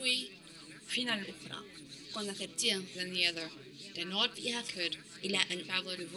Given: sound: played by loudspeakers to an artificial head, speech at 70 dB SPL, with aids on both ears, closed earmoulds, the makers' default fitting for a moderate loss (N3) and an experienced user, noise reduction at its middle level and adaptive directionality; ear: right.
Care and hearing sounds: speech test signal (ISTS) in cocktail-party noise; +6 dB; on the right (90 degrees)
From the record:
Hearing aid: class 2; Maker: J

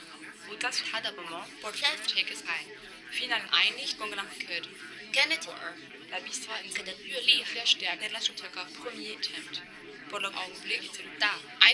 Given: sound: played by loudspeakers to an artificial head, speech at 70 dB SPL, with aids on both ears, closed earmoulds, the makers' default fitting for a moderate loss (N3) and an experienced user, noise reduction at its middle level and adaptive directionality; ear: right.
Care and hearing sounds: speech test signal (ISTS) in cocktail-party noise; -3 dB; in front (0 degrees)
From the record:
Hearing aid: class 2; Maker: B

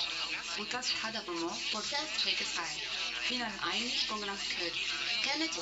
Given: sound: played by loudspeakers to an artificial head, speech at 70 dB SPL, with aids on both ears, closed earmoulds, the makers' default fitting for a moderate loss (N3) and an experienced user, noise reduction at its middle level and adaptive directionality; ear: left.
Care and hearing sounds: speech test signal (ISTS) in cocktail-party noise; +9 dB; on the right (90 degrees)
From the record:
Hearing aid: class 1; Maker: A

